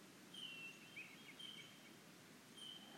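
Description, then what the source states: Hermit Thrush song: a held, pure whistled tone, then a rapid wavering flourish of fluty notes, with another phrase beginning near the end against soft background hiss. Song moves from simple to complex and back; sustained tone then flourish of frequency-modulated composite tones; near Heartbreak Meadow, Northeast Oregon, montane conifer forest, July 8, about 10 a.m.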